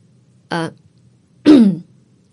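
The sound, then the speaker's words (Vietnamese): A woman in a hospital clears her throat in two short voiced bursts, a brief higher grunt followed by a louder, lower, rougher one, with no speech around it. “cũng hoảng hồn và nhận ra bản thân vừa rồi đã lơ đánh thì liền hắng giọng một cái.”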